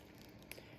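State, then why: Seated. A square resin drill is pressed into the adhesive grid of a diamond-painting canvas, with faint ticks at 0.2 s and 0.4 s. A short, bright click at 0.5 s marks the drill snapping into place, seated.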